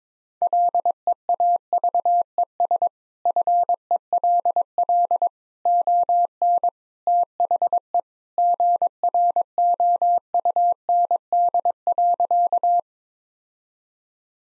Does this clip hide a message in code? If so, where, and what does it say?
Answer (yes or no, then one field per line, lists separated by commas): yes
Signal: Morse code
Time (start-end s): 0.4-12.8 s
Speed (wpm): 22 wpm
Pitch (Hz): 700 Hz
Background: none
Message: LEAVES FELL ON THE GROUND.